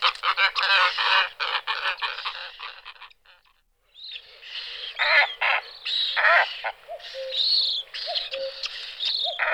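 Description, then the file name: Glossy ibis gives dense harsh croaking calls, a brief lull, then more grating calls. "ibis falcinelle"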